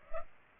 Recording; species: mosquito wingbeat signal from an infrared sensor; Culex pipiens